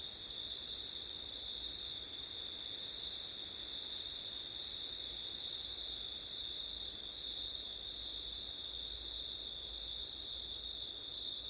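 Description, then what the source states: Crickets trilling steadily, two shrill bands sustained without break for the whole stretch, with faint low wind in the background. Crickets at night in September, with wind.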